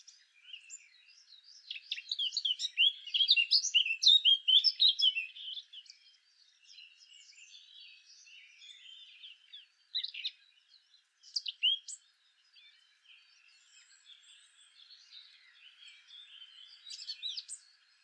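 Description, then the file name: Eurasian blackcap song: one loud, fast chattering warble lasting about four seconds, then quieter scattered notes and a few sharp high notes over the remaining time. "Sylvia atricapilla"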